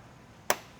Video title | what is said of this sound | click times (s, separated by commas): Best Method to convert SMG to MANUAL in the E46 M3 | and you'll hear it click in | 0.5 s